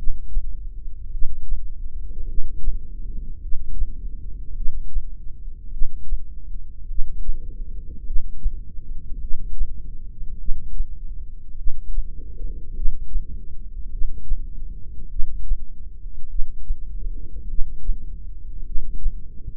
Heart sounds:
heart sounds by microphone in the left ear; 51 bpm
1.12 s: heartbeat
2.28 s: heartbeat
3.42 s: heartbeat
4.56 s: heartbeat
5.73 s: heartbeat
6.89 s: heartbeat
8.06 s: heartbeat
9.21 s: heartbeat
10.40 s: heartbeat
11.58 s: heartbeat
12.75 s: heartbeat
13.91 s: heartbeat
15.11 s: heartbeat
16.30 s: heartbeat
17.49 s: heartbeat
18.66 s: heartbeat
From the record:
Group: heart failure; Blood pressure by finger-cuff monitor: 109/59 mmHg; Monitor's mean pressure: 76 mmHg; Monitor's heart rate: 51 bpm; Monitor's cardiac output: 4.5 L/min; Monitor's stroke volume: 88 mL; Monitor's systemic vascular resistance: 1210 dyn s/cm5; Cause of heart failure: cardiac sarcoid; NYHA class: 1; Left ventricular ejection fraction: 39%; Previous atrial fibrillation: present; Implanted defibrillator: present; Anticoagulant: apixaban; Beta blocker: carvedilol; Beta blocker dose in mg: 50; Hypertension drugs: ramipril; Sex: male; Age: 79 years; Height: 184 cm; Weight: 92.5 kg

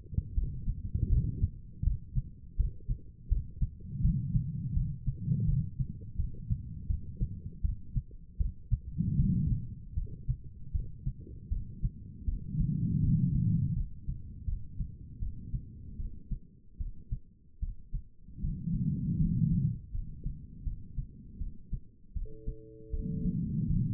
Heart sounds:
heart sounds by stethoscope; 80 bpm
0.35 s: heartbeat
1.09 s: heartbeat
1.84 s: heartbeat
2.57 s: heartbeat
3.29 s: heartbeat
4.02 s: heartbeat
4.74 s: heartbeat
5.46 s: heartbeat
6.17 s: heartbeat
6.87 s: heartbeat
7.62 s: heartbeat
8.38 s: heartbeat
9.17 s: heartbeat
9.95 s: heartbeat
10.72 s: heartbeat
11.49 s: heartbeat
12.26 s: heartbeat
13.01 s: heartbeat
13.74 s: heartbeat
14.45 s: heartbeat
15.20 s: heartbeat
15.97 s: heartbeat
16.78 s: heartbeat
17.60 s: heartbeat
18.41 s: heartbeat
19.18 s: heartbeat
19.92 s: heartbeat
20.64 s: heartbeat
21.39 s: heartbeat
22.14 s: heartbeat
22.91 s: heartbeat
23.68 s: heartbeat
From the record:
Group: healthy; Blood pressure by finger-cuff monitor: 108/71 mmHg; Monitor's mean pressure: 86 mmHg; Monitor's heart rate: 79 bpm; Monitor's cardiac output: 4.9 L/min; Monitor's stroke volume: 61 mL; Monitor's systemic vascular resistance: 1250 dyn s/cm5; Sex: female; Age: 51 years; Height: 162 cm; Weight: 70.04 kg

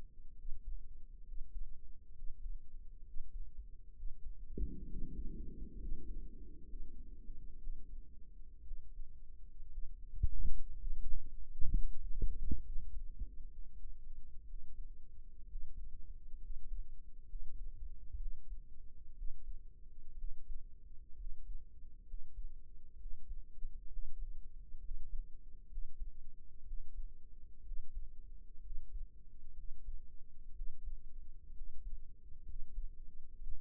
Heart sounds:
heart sounds by microphone in the right ear; 64 bpm
0.34 s: heartbeat
1.23 s: heartbeat
2.12 s: heartbeat
3.02 s: heartbeat
3.92 s: heartbeat
4.85 s: heartbeat
5.77 s: heartbeat
6.66 s: heartbeat
7.58 s: heartbeat
8.62 s: heartbeat
9.69 s: heartbeat
10.76 s: heartbeat
11.69 s: heartbeat
12.60 s: heartbeat
13.49 s: heartbeat
14.44 s: heartbeat
15.46 s: heartbeat
16.39 s: heartbeat
17.26 s: heartbeat
18.17 s: heartbeat
19.14 s: heartbeat
20.15 s: heartbeat
21.15 s: heartbeat
22.04 s: heartbeat
22.97 s: heartbeat
23.88 s: heartbeat
24.80 s: heartbeat
25.68 s: heartbeat
26.64 s: heartbeat
27.63 s: heartbeat
28.61 s: heartbeat
29.54 s: heartbeat
30.52 s: heartbeat
31.52 s: heartbeat
32.44 s: heartbeat
33.40 s: heartbeat
From the record:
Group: healthy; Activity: breath hold 0-7 s, rest 7-34 s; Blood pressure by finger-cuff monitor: 104/61 mmHg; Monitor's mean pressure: 76 mmHg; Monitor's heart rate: 64 bpm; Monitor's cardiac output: 5.9 L/min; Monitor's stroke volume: 95 mL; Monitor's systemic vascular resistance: 920 dyn s/cm5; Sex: male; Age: 22 years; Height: 181 cm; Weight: 79 kg

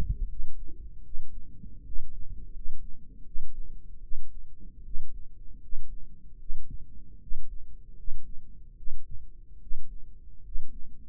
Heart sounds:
heart sounds by microphone in the right ear; 77 bpm
0.28 s: heartbeat
1.03 s: heartbeat
1.84 s: heartbeat
2.53 s: heartbeat
3.24 s: heartbeat
4.01 s: heartbeat
4.83 s: heartbeat
5.61 s: heartbeat
6.38 s: heartbeat
7.19 s: heartbeat
7.96 s: heartbeat
8.76 s: heartbeat
9.60 s: heartbeat
10.43 s: heartbeat
From the record:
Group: healthy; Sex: female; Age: 22 years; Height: 163 cm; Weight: 67.1 kg

